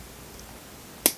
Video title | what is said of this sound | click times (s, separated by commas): Unboxing & Review: MOSASAURUS by Mattel with "Real Feel" Jurassic World: Fallen Kingdom 2018 | oh yeah, nice satisfying click there, so you know that it's in there. | 1.1 s